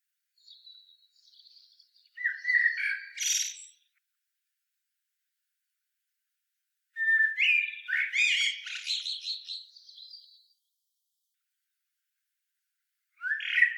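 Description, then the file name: Common blackbird: quiet high notes lead into warbled phrases that finish in shrill twittering, with long pauses between phrases and a new phrase beginning at the end. "Turdus merula"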